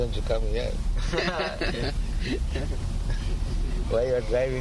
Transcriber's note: laughter